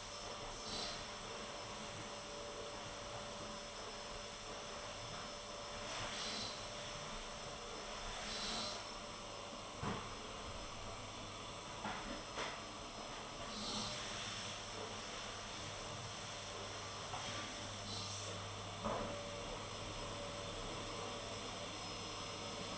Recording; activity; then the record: daily activity, microphone in the room; vacuum cleaning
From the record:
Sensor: 4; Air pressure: 989.5 hPa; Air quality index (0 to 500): 216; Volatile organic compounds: 67 ppm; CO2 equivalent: 3493 ppm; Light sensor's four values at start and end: 26/91/33/35 and 26/90/33/35